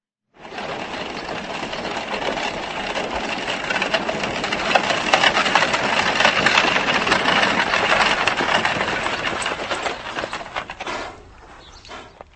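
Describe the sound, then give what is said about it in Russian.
A freight-passenger train on the Drohobych–Lviv line in Eastern Galicia rolls along with a steady, dense mechanical rumble and rattling clatter that holds for about ten seconds, then drops off and fades. No one speaks. “Но это расстояние товарно-пассажирский поезд преодолевал более 7 часов.”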